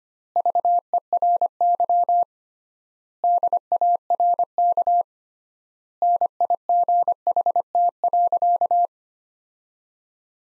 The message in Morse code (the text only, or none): VERY DARK NIGHT.